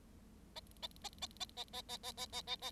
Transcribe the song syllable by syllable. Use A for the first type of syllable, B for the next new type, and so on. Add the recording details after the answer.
A A A A A A A A A A A A A. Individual Bird7